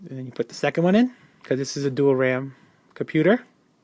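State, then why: Not seated. Someone talks while the second RAM stick of a dual-channel pair is handled and brought to its motherboard DIMM slot. Only speech is heard, with no clicks or sudden sounds, and the module has not seated or clicked into place yet.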